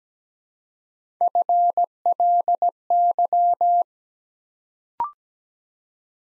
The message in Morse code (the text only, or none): FLY